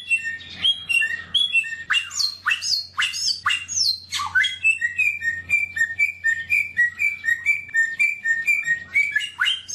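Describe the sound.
Bird singing a fast, varied run of sharp chirps, falling whistles and twitters, about two notes a second, with a faint low hum behind.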